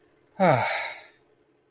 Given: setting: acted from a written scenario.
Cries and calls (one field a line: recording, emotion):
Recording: vocal sound without words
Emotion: contentment